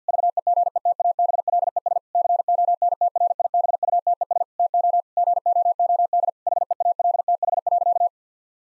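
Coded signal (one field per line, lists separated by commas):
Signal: Morse code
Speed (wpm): 50 wpm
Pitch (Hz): 700 Hz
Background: none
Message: VEGETABLES CONTRIBUTES TO GOOD HEALTH.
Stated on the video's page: Morse code practice with difficult sentences at 50 wpm, each given a context hint before sending.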